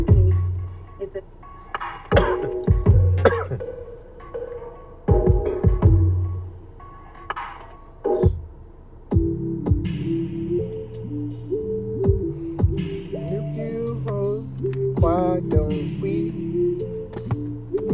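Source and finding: Adult man. Smoker's cough.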